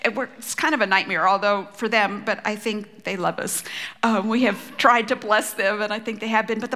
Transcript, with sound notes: It was kind of a nightmare, although, for them, I think they love us. (laughter) We have tried to bless them, and I think they have been.